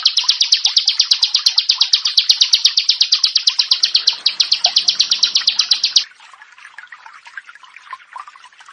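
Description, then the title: Prinia singing a long, rapid run of sharp high notes for about six seconds, which stops abruptly, leaving only soft background twitters. "Ciblek Sawah"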